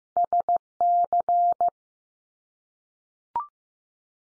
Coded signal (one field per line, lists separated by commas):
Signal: Morse code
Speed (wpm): 15 wpm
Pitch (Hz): 700 Hz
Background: none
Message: SC